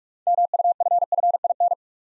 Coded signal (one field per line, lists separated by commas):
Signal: Morse code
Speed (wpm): 44 wpm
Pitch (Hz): 700 Hz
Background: none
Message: MUFFIN